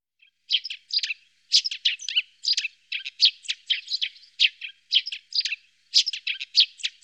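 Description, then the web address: Eurasian tree sparrow giving a dense chatter of quick chirps and twittering notes with only brief gaps. "IVN Zangvogels -Ringmus"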